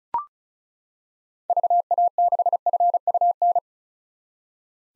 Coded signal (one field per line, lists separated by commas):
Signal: Morse code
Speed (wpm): 36 wpm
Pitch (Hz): 700 Hz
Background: none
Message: VA6FUN